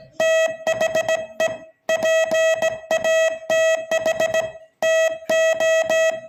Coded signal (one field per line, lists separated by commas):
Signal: Morse code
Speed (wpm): 17 wpm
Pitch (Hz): 640 Hz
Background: none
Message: THE PATH TO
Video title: Morse code signalling at 20 words per minute